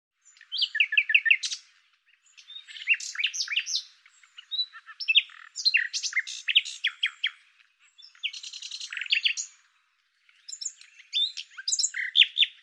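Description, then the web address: Bird sings almost continuously in varied phrases: rapid chirping runs, slurred whistles and buzzy trills, with short breaks between phrases. "Deverinetal 2025"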